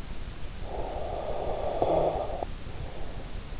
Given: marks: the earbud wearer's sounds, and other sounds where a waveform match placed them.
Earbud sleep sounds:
sounds in sleep by an in-ear microphone; snoring breath
0.45-3.35 s: snoring breath

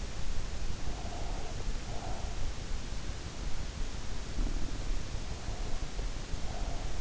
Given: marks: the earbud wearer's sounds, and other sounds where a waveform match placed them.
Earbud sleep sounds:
sounds in sleep by an in-ear microphone; breath
0.90-2.53 s: breath
4.25-5.19 s: sound from someone else or the room
5.42-7.01 s: breath

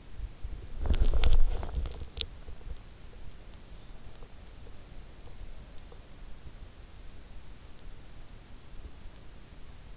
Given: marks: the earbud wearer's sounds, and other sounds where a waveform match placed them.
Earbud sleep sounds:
sounds in sleep by an in-ear microphone; body movement
0.00-2.52 s: body movement

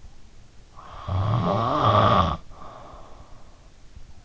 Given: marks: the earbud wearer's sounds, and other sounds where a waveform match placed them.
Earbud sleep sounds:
sounds in sleep by an in-ear microphone; snoring breath
0.57-3.55 s: snoring breath

